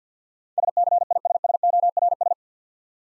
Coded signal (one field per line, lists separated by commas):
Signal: Morse code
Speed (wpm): 50 wpm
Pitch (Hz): 700 Hz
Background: none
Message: SCISSORS